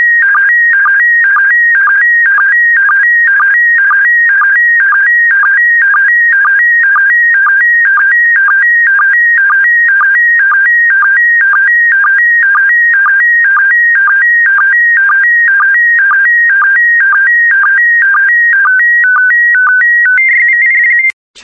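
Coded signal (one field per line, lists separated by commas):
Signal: SSTV (slow-scan television)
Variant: PD120 mode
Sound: repeating warbling tone hopping between two pitches, short low blip each half second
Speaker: The next image transmission will start in 10 seconds.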